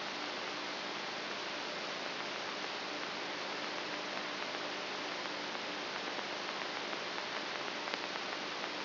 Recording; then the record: brain microelectrode recording played as sound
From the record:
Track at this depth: outside the subthalamic nucleus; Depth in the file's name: 0.643 mm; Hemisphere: left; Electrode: 3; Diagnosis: Parkinson's disease